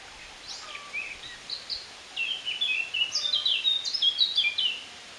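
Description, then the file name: Eurasian blackcap song: soft scattered notes at first, then a louder, faster warbling phrase of clear whistled notes that ends abruptly. "Sylvia atricapilla"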